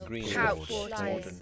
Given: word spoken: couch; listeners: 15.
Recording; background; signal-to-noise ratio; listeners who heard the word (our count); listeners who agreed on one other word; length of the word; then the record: one English word in noise, from a listening test; four-talker babble; -0.3 dB; 6 of 15; 9 of 15; 1.02 s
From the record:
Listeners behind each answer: 9, 6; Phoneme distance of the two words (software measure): 10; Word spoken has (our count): 1 syllable, 3 phonemes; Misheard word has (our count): 1 syllable, 3 phonemes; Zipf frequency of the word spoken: 3.62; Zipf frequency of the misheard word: 3.36